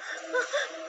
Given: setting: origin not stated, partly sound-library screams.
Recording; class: one-second piece from a danger detection set; woman in danger